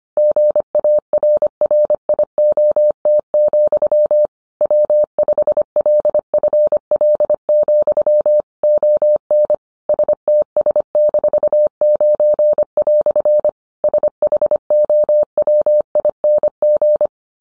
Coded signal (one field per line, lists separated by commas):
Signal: Morse code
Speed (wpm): 25 wpm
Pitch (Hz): 600 Hz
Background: none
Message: GARRIOT, W5LFL, ON STS-9" SHOWING